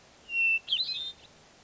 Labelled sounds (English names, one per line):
Hermit Thrush